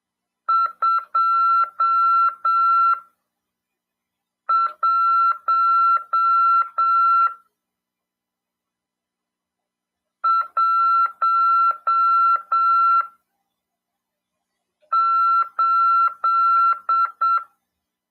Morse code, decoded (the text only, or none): 21 18